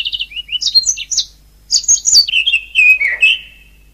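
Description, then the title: Oriental magpie-robin song with quick high chirps, then a pause and a fuller phrase ending in lower, sustained whistled notes. "Kicau Kacer"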